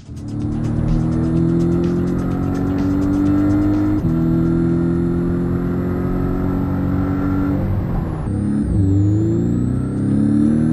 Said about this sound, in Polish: Tak, nawet silnik fajnie gada w tym samochodzie, choć nie za wyraźnie, ale to tylko świadczy o tym, że trochę ta kabina jednak jest wyciszona.